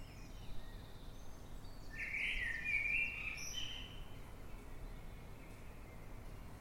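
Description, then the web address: Eurasian blackbird singing one rich, flowing warble of about a second and a half, followed by quiet, with steady low rumble throughout. Singing at night in London, UK, 9 March 2026, at 3:50 am. "Blackbird Dead Of Night. in the dead of night, London, UK, on 9th March 2026 at 3:50 am by eleanor mcdowall"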